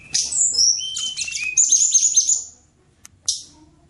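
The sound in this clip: Bird song: a quick burst of high whistled and buzzy phrases for about two and a half seconds, then a short pause and a final sharp note.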